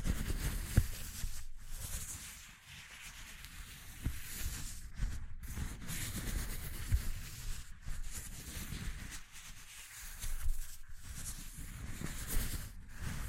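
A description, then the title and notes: A dense rustling, rubbing texture fills the recording with a steady low rumble beneath and a hissy top. Short dips in the noise break it about every two to three seconds, and a few sharp knocks stand out near the first, fourth and seventh seconds. ASMR Exploring Textures (No Talking).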